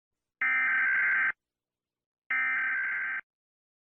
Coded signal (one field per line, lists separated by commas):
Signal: Emergency Alert System (SAME) tones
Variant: header bursts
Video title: EAS Scenario - "Earthquake: Get Out" | Emergency Alert System